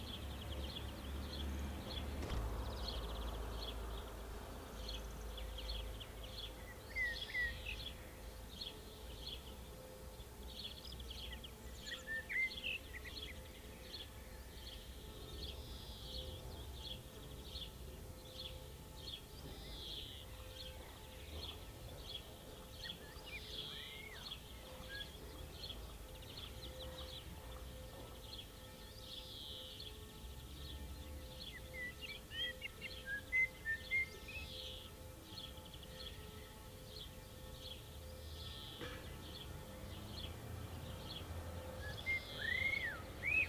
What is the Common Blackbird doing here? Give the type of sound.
song